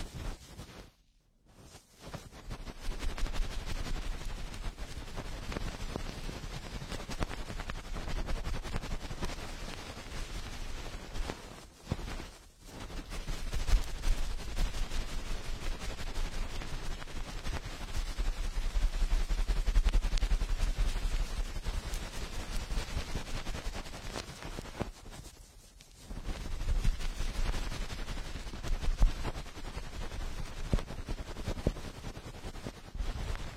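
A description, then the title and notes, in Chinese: Fast, rough ear cleaning: dense, rapid crackling and scratching fills the clip, pausing briefly around 1, 12 and 26 seconds. 高速、暴力清理耳朵。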